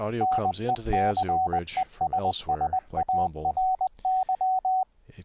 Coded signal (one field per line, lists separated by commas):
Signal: Morse code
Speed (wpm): 20 wpm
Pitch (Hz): 750 Hz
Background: speech, radio noise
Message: NECESSARY